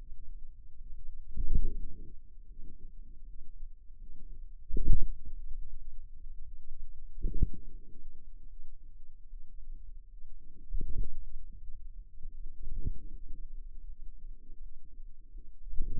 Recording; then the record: forearm muscle sounds (acoustic myography)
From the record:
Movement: wrist flexion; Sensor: system 2, bracelet of six BSWA MPA416 microphones around the upper forearm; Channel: 5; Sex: female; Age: 23 years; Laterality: right